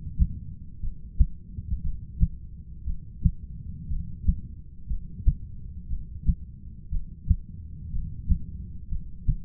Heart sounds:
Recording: heart sounds by stethoscope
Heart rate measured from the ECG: 59 bpm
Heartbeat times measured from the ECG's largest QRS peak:
0.81 s: heartbeat
1.82 s: heartbeat
2.84 s: heartbeat
3.88 s: heartbeat
4.87 s: heartbeat
5.88 s: heartbeat
6.89 s: heartbeat
7.91 s: heartbeat
8.89 s: heartbeat
From the record:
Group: heart failure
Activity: rest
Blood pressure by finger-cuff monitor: 113/76 mmHg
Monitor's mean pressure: 90 mmHg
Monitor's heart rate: 59 bpm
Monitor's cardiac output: 6.4 L/min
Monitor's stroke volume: 109 mL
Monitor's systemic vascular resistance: 1040 dyn s/cm5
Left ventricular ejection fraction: 25%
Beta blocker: metoprolol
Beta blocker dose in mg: 62.5 twice daily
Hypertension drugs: ramipril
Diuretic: furosemide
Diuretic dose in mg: 40 twice daily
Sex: male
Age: 57 years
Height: 180 cm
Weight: 90.5 kg

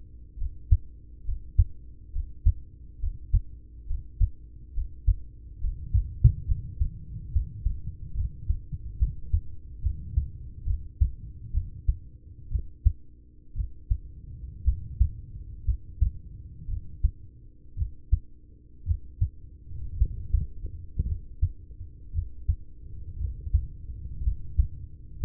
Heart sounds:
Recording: heart sounds by stethoscope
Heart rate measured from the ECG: 63 bpm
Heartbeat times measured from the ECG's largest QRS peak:
0.34 s: heartbeat
1.21 s: heartbeat
2.09 s: heartbeat
2.96 s: heartbeat
3.83 s: heartbeat
4.70 s: heartbeat
5.57 s: heartbeat
6.42 s: heartbeat
7.29 s: heartbeat
8.13 s: heartbeat
8.96 s: heartbeat
9.79 s: heartbeat
10.62 s: heartbeat
11.50 s: heartbeat
12.47 s: heartbeat
13.52 s: heartbeat
14.61 s: heartbeat
15.62 s: heartbeat
16.65 s: heartbeat
17.74 s: heartbeat
18.83 s: heartbeat
19.95 s: heartbeat
21.04 s: heartbeat
22.10 s: heartbeat
23.16 s: heartbeat
24.20 s: heartbeat
25.17 s: heartbeat
From the record:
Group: heart failure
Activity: Valsalva maneuver 0-8 s, rest 8-25 s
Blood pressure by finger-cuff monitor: 109/56 mmHg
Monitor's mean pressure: 75 mmHg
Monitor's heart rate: 59 bpm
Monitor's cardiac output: 6 L/min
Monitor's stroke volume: 101 mL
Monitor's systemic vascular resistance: 920 dyn s/cm5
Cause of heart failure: ischemic heart disease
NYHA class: 1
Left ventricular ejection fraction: 33%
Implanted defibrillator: present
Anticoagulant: apixaban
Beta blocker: carvedilol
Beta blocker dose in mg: 18.75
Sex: male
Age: 39 years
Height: 168 cm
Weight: 72 kg

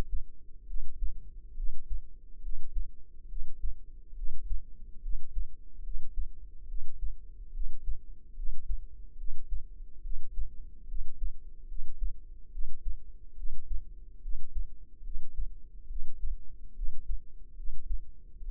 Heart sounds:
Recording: heart sounds by microphone in the left ear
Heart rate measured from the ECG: 71 bpm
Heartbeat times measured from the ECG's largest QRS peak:
0.65 s: heartbeat
1.54 s: heartbeat
2.40 s: heartbeat
3.27 s: heartbeat
4.14 s: heartbeat
5.00 s: heartbeat
5.81 s: heartbeat
6.66 s: heartbeat
7.51 s: heartbeat
8.34 s: heartbeat
9.16 s: heartbeat
10.01 s: heartbeat
10.86 s: heartbeat
11.66 s: heartbeat
12.50 s: heartbeat
13.34 s: heartbeat
14.20 s: heartbeat
15.02 s: heartbeat
15.87 s: heartbeat
16.73 s: heartbeat
17.54 s: heartbeat
18.39 s: heartbeat
From the record:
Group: healthy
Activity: rest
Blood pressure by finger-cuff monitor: 110/73 mmHg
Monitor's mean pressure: 84 mmHg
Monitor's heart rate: 70 bpm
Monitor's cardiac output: 5.4 L/min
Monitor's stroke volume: 76 mL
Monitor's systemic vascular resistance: 1140 dyn s/cm5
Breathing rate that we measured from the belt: 20 breaths a minute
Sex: female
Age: 22 years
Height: 160 cm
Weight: 45 kg

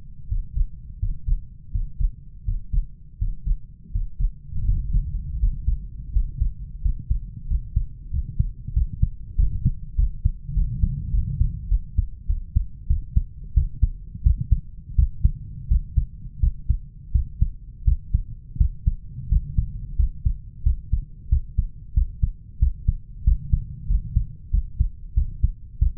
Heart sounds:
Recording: heart sounds by stethoscope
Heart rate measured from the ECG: 89 bpm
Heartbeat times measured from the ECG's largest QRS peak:
0.30 s: heartbeat
1.01 s: heartbeat
1.73 s: heartbeat
2.46 s: heartbeat
3.20 s: heartbeat
3.93 s: heartbeat
4.66 s: heartbeat
5.41 s: heartbeat
6.14 s: heartbeat
6.84 s: heartbeat
7.49 s: heartbeat
8.13 s: heartbeat
8.75 s: heartbeat
9.38 s: heartbeat
9.98 s: heartbeat
10.56 s: heartbeat
11.13 s: heartbeat
11.71 s: heartbeat
12.29 s: heartbeat
12.89 s: heartbeat
13.56 s: heartbeat
14.25 s: heartbeat
14.98 s: heartbeat
15.70 s: heartbeat
16.42 s: heartbeat
17.14 s: heartbeat
17.87 s: heartbeat
18.60 s: heartbeat
19.31 s: heartbeat
19.99 s: heartbeat
20.65 s: heartbeat
21.31 s: heartbeat
21.96 s: heartbeat
22.61 s: heartbeat
23.26 s: heartbeat
23.89 s: heartbeat
24.53 s: heartbeat
25.16 s: heartbeat
25.81 s: heartbeat
From the record:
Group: healthy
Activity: Valsalva maneuver 0-2 s, rest 2-26 s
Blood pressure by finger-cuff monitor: 136/80 mmHg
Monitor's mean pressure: 98 mmHg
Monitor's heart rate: 87 bpm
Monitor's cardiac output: 7.5 L/min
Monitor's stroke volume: 84 mL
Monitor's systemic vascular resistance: 950 dyn s/cm5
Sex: male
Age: 21 years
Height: 175 cm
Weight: 72.6 kg

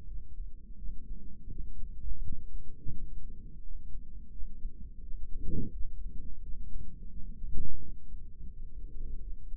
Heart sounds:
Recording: heart sounds by microphone in the right ear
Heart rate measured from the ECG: 85 bpm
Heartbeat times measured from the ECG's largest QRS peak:
0.06 s: heartbeat
0.77 s: heartbeat
1.49 s: heartbeat
2.20 s: heartbeat
2.91 s: heartbeat
3.61 s: heartbeat
4.31 s: heartbeat
5.01 s: heartbeat
5.72 s: heartbeat
6.41 s: heartbeat
7.10 s: heartbeat
7.80 s: heartbeat
8.50 s: heartbeat
9.20 s: heartbeat
From the record:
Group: healthy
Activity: rest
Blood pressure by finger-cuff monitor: 163/91 mmHg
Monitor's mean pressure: 109 mmHg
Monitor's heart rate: 85 bpm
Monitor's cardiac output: 8.2 L/min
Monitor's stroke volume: 96 mL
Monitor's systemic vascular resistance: 980 dyn s/cm5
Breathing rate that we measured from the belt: 20 breaths a minute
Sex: male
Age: 57 years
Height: 188 cm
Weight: 106 kg

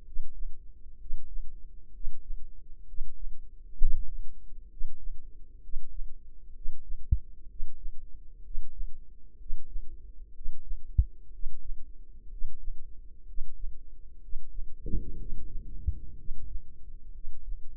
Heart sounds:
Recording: heart sounds by microphone in the left ear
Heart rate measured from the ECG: 63 bpm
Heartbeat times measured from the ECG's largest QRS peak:
0.02 s: heartbeat
0.96 s: heartbeat
1.90 s: heartbeat
2.83 s: heartbeat
3.75 s: heartbeat
4.67 s: heartbeat
5.59 s: heartbeat
6.51 s: heartbeat
7.45 s: heartbeat
8.40 s: heartbeat
9.35 s: heartbeat
10.31 s: heartbeat
11.29 s: heartbeat
12.27 s: heartbeat
13.23 s: heartbeat
14.18 s: heartbeat
15.14 s: heartbeat
16.13 s: heartbeat
17.10 s: heartbeat
From the record:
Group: healthy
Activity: breath hold 0-16 s, rest 16-18 s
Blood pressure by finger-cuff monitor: 98/54 mmHg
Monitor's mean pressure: 63 mmHg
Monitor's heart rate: 64 bpm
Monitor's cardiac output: 5 L/min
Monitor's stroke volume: 78 mL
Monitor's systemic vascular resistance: 870 dyn s/cm5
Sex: male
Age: 25 years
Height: 170 cm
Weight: 70.4 kg

